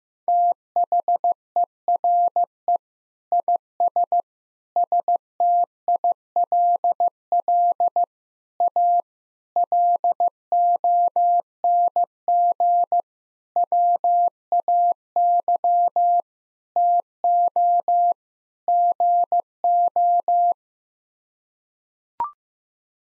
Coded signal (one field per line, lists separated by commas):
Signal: Morse code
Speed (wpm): 15 wpm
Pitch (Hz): 700 Hz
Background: none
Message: THERE IS STILL A LONG WAY TO GO